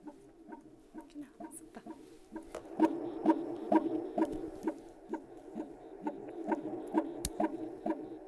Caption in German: Mit dem Dobton einmal an den Rücken vom. Kind. Da hört man die Herztöne am besten. Herzfrequenz ist bei 130, ist alles gut, alles im Normalbereich.